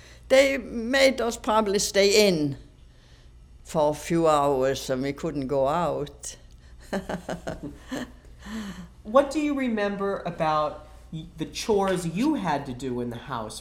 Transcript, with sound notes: They made us probably stay in for a few hours, and we couldn't go out. (she laughs)
What do you remember about the chores you had to do in the house?